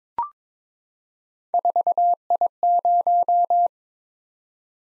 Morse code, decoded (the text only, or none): 4I0